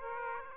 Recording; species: mosquito wingbeat signal from an infrared sensor; Aedes aegypti